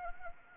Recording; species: mosquito wingbeat signal from an infrared sensor; Anopheles gambiae